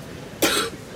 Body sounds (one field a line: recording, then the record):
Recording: coughing mixed with background sound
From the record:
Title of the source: 64 coughing, allergies, singing lungs